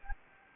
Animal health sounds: mosquito wingbeat signal from an infrared sensor; Anopheles gambiae

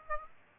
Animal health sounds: mosquito wingbeat signal from an infrared sensor; Aedes aegypti

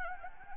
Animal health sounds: mosquito wingbeat signal from an infrared sensor; Anopheles arabiensis

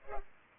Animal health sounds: mosquito wingbeat signal from an infrared sensor; Culex pipiens

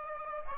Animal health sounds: mosquito wingbeat signal from an infrared sensor; Aedes aegypti

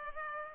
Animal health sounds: mosquito wingbeat signal from an infrared sensor; Culex pipiens

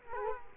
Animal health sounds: mosquito wingbeat signal from an infrared sensor; Culex quinquefasciatus

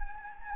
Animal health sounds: mosquito wingbeat signal from an infrared sensor; Anopheles gambiae

